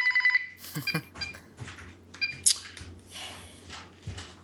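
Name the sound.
home landline telephone ringing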